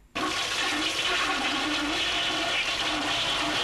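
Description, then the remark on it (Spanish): A toilet flushes with a sudden loud rush of water that starts abruptly and stays steady and hissing throughout, with no voices present. “Yo no puse ese sonido. Es que acabo de ir al baño.”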